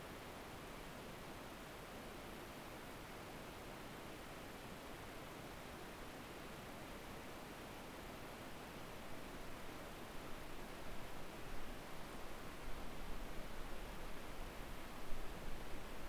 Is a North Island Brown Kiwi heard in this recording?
no